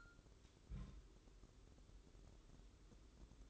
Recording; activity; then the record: daily activity, microphone in the room; place on stove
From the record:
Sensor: 3